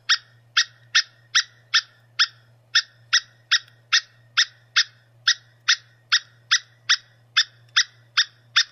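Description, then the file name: Squirrel call: a steady series of harsh, sharp notes repeated a little more than twice a second, with a constant low hum behind. "suara bajing. omkicau"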